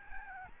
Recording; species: mosquito wingbeat signal from an infrared sensor; Aedes albopictus